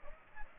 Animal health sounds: mosquito wingbeat signal from an infrared sensor; Aedes aegypti

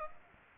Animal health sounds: mosquito wingbeat signal from an infrared sensor; Aedes aegypti

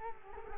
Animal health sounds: mosquito wingbeat signal from an infrared sensor; Culex quinquefasciatus

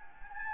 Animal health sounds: mosquito wingbeat signal from an infrared sensor; Anopheles gambiae

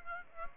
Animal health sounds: mosquito wingbeat signal from an infrared sensor; Aedes aegypti

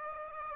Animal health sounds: mosquito wingbeat signal from an infrared sensor; Aedes aegypti

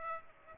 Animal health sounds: mosquito wingbeat signal from an infrared sensor; Aedes aegypti

